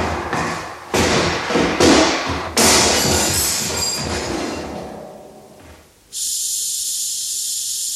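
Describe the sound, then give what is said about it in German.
A few heavy thuds and clatters, then a steady, high-pitched hiss of gas streaming from a tap, continuous and fairly loud until the end, with no talking. “Aber da hätte ich doch das Gas beinahe angesteckt.”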